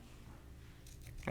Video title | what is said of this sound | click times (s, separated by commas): Raspberry Pi Physical Setup | click there so now | 1.3 s